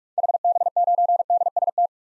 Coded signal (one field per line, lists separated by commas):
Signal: Morse code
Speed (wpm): 42 wpm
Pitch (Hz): 700 Hz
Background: none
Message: HB9DST